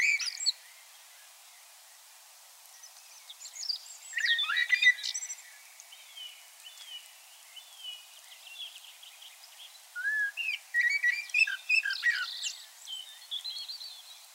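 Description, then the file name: Common blackbird singing in separate bursts, mellow warbled notes mixed with thin high squeaks, and long pauses between phrases. "Turdus merula"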